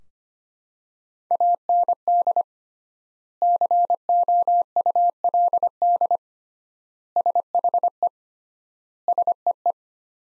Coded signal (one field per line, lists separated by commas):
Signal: Morse code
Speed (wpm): 25 wpm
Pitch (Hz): 700 Hz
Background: none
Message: AND COULD SHE SEE